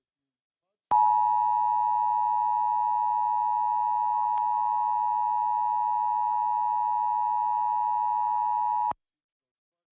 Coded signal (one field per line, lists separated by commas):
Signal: Emergency Alert System (SAME) tones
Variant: 853 and 960 Hz attention tone